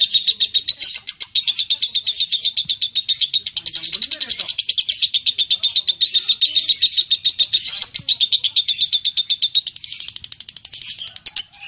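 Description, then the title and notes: Lovebird giving a continuous high, rasping chatter of fast pulsed notes that runs without a break. Long ngekek song of a lovebird, used as a lure to train other songbirds (kicau pancingan). "suara Master Kicau Lovebird ngekek, kicau pancingan"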